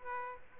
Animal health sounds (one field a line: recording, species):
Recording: mosquito wingbeat signal from an infrared sensor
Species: Aedes aegypti